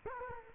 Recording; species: mosquito wingbeat signal from an infrared sensor; Culex quinquefasciatus